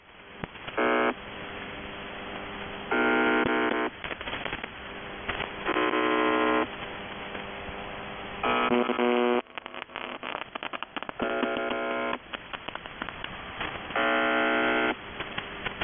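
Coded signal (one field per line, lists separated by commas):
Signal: numbers station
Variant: UVB-76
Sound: repeated harsh one-second buzzes, about six in sixteen seconds, with crackling between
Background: radio static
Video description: 0:00-2:05 Message 1 - 14:27 UTC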